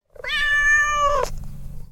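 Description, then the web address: Cat giving a single drawn-out meow, steady then falling at the end, followed by faint low background noise. "heroes of nerevelon. meow"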